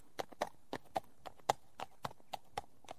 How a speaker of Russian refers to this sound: они оба пустили лошадей в галоп и уехали, ни разу не обернувшись.